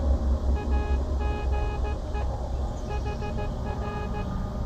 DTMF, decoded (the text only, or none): none